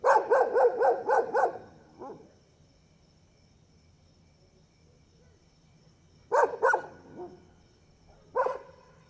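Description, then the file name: Dog barking: a rapid run of six loud barks, then a pause, then a pair and a single bark, with a thin continuous cricket trill behind. Several dogs barking at night, first far away and then near, with crickets calling. "Cachorros latindo longe e depois perto a noite com grilo e passa uma moto"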